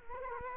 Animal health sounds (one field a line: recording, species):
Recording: mosquito wingbeat signal from an infrared sensor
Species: Culex quinquefasciatus